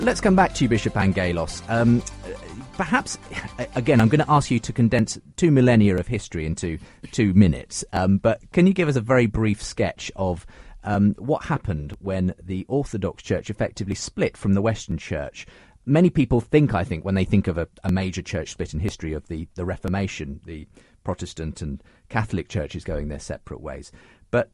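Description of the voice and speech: One adult man speaks fluently in a clear, ordinary low-pitched voice at a relaxed conversational pace.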